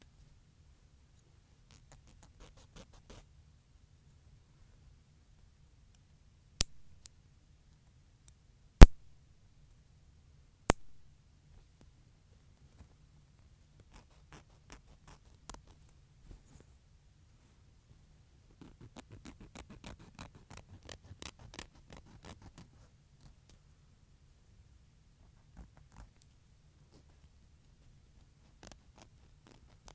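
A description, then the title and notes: Nail cutting and filing: three sharp, bright clicks of the clippers land around 6.5, 9 and 11 seconds. Between them come faint scratchy ticks, and a denser rasp of filing runs from about 19 to 23 seconds over a low, quiet hum. ASMR Cutting and Filing my Nails.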